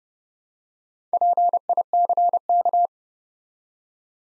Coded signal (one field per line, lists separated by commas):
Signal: Morse code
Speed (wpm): 29 wpm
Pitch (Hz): 700 Hz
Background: none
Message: PICK